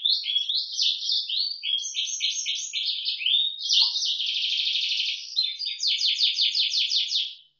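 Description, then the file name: Atlantic canary song of quick slurred phrases flowing into a buzzy sustained roll, then a burst of rapid repeated notes. Indonesian "isian moza" song-tutor material. "suara kenari isian moza omkicau"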